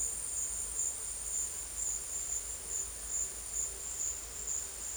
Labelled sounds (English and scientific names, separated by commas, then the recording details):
none
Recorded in dense forest near Puerto Asís, Putumayo, Colombia, on 22 December 2024 at 13:00
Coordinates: 0.482, -76.320
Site G021